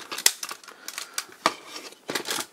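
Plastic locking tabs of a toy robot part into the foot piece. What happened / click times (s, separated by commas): Plastic tabs snapped into place / 0.3 s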